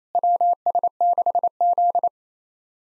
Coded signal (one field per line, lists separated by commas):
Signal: Morse code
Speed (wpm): 28 wpm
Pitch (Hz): 700 Hz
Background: none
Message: WS6Z